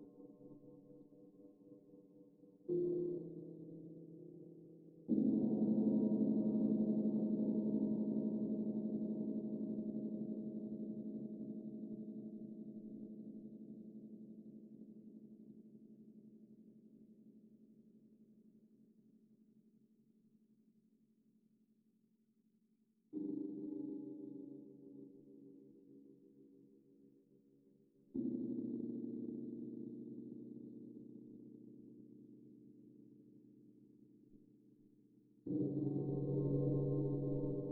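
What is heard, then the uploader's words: Gongs are struck about six times, at roughly 0, 3, 5, 23, 28 and 35 seconds, each a low humming ring that slowly fades. Meditation Five Celestial Gongs.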